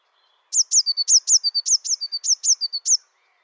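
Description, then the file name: Eurasian blue tit song: a rapid series of about nine piercing, downslurred whistles, each followed by a short lower note, delivered over two and a half seconds. Recorded in the Dombes, France. "MESANGE BLEUE DOMBES"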